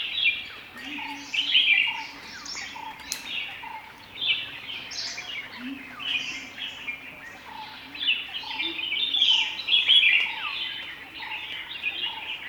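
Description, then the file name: Bulbul flock calling, dense bright chattering and slurred whistles without pause, while faint low notes sound now and then underneath. Several bulbuls, described as cheery. "Cheery Bulbuls"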